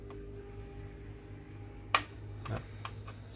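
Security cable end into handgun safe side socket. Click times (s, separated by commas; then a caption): 1.9 s. A security cable end is pushed into its socket on the side of a LifePod 2.0 handgun safe and snaps into place with one sharp, bright click at 1.9 s, so the cable is seated. Fainter ticks follow at about 2.5, 2.9 and 3.1 s over a steady low hum.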